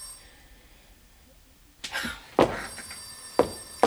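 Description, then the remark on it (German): A telephone bell rings with steady high tones, joined after a quiet start by several sharp, loud bursts that sound like coughs or thumps. “Ich gehe nicht mehr ans Telefon.”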